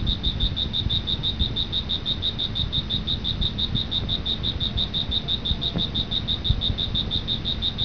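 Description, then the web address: Cricket giving a continuous fast train of high, evenly pulsed chirps, unchanging in pitch, with steady low-frequency rumble beneath. "特酷声音素材库 动物 昆虫 蟋蟀"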